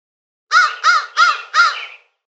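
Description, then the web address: Crow with a short burst of four rough, hoarse caws, steady in pitch and rhythm, nothing else heard. "crow-raven Crow"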